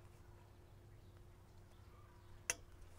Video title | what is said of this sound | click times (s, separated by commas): Leader Accessories Super Mag Hauler Steel Hunting Game Cart 550 Pound Capacity | get them to snap in place. Okay. | 2.5 s